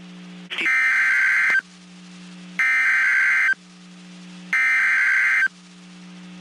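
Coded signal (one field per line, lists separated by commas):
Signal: Emergency Alert System (SAME) tones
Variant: header bursts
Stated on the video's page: Severe thunderstorm watch and warnings relayed by a NOAA weather radio station in Waco, Texas.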